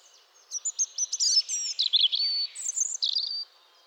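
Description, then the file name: European robin singing a fluid, high-pitched phrase of quick tumbling notes, trills and thin whistles lasting about three seconds. "Erithacus rubecula"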